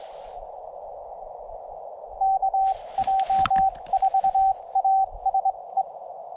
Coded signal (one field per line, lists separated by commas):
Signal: Morse code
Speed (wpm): 22 wpm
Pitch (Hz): 770 Hz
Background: radio noise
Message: KJ4ASE